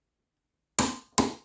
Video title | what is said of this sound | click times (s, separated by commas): DeWALT DCF921B ATOMIC™ 20V MAX* 1/2 in. Cordless Impact Wrench with Hog Ring Anvil (unboxing) | okay there's the click | 0.8 s